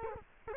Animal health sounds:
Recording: mosquito wingbeat signal from an infrared sensor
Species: Culex quinquefasciatus

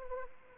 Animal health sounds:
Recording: mosquito wingbeat signal from an infrared sensor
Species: Anopheles arabiensis

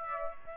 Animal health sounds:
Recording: mosquito wingbeat signal from an infrared sensor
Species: Aedes aegypti

